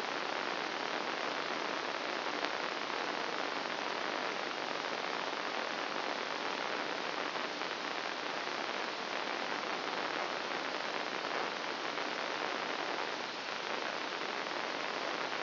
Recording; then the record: brain microelectrode recording played as sound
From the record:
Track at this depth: inside the subthalamic nucleus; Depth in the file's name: 0.409 mm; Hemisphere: right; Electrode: 2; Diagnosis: Parkinson's disease